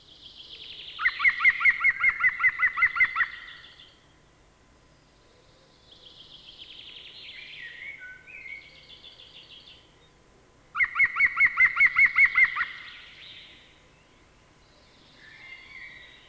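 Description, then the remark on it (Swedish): A green woodpecker gives two loud bursts of its laughing call, each a rapid run of about a dozen ringing, evenly spaced notes, with softer bird chatter between them. “Det var gröngöling”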